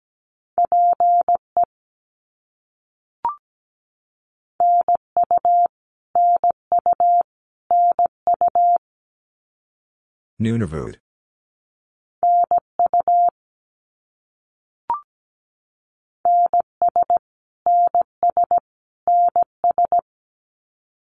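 Morse code beeps at one steady pitch in quick groups of short and long tones, broken by a brief noisy burst near the middle.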